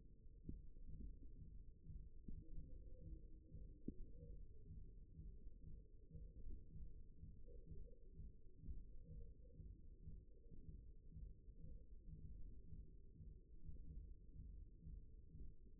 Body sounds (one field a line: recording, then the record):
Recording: forearm muscle sounds (acoustic myography)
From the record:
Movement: thumb flexion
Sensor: system 1, eight BSWA MPA416 microphones around the upper forearm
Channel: 4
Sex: male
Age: 54 years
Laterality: right